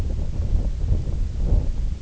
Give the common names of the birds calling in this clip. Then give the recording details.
none. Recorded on Arctic tundra, site IGLO-D, on 20 June 2018. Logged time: 16:00